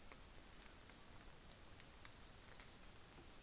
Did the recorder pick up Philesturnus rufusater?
no